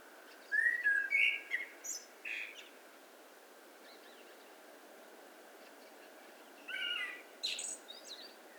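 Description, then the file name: Eurasian blackbird singing two phrases, each of low fluted whistles ending in a high squeaky twitter, separated by about four seconds of quiet with steady background hiss. "Turdus merula"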